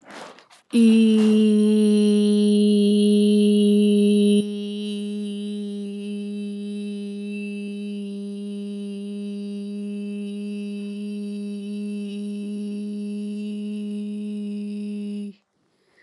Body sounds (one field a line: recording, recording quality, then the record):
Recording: sustained vowel as in beet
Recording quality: excellent, no background noise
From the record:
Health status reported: recovered from COVID-19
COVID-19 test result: positive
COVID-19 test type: RT-PCR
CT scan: not taken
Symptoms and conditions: cough, cold, fatigue, loss of smell and taste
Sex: female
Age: 19 years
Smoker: no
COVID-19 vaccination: both doses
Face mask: worn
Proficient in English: yes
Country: India